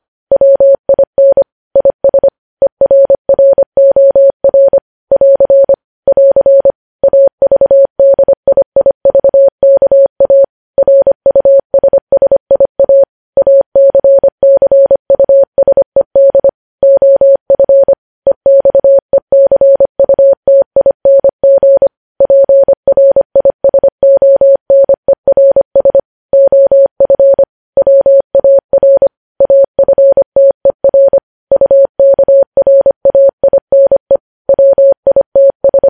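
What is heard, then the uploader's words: Morse code keyed as a steady mid-pitched tone, clean short and long beeps in a fast, regular stream with brief pauses between groups. Morse code.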